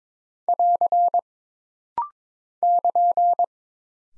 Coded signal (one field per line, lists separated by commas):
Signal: Morse code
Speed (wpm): 22 wpm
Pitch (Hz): 700 Hz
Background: none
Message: <AR> <KN>